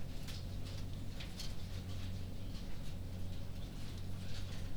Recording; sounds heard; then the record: poultry house recording; no chicken sound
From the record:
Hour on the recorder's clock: 22